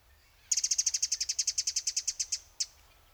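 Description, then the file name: Eurasian wren making a hard, rapid rattle of about twenty clicking ticks over nearly two seconds, followed by one separate tick. "Troglodytes troglodytes"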